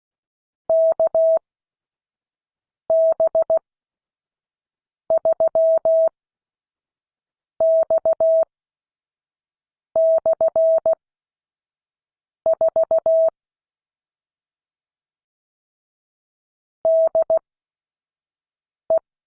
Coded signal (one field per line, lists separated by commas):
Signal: Morse code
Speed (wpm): 16 wpm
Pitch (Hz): 650 Hz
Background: none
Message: KB3X/4 DE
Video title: Friday 2022-08-26 Morse code class